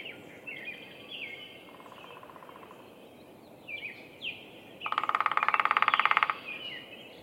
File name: Picoides pubescens drumming Roberts Bird Sanctuary, Minnesota